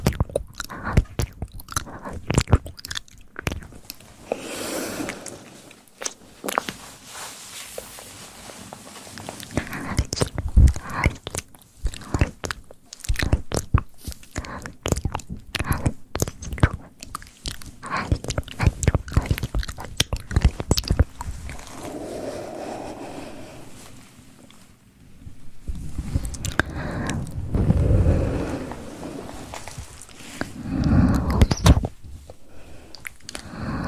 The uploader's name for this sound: ASMR mouth sounds + mic pumping, swirling, tapping, and gripping